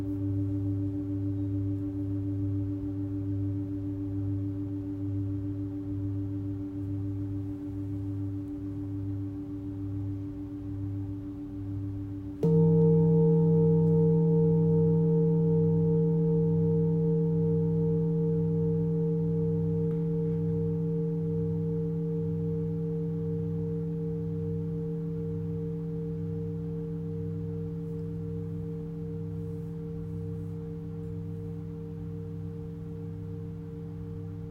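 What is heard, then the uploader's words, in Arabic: Tibetan singing bowls and crystal bowls ring in long, steady tones, with a low pulsing throb beating beneath them. Around twelve seconds a new bowl is struck, adding a louder, brighter layer of sustained pitches that slowly fades over the remaining time. تقدّم عايشة رمضان في هذه الحلقة جلسة علاج بالصوت عبر استخدام تقنية أوعية الغناء التبتية والأوعية الكريستالية .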